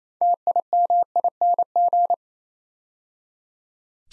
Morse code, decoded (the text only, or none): TIMING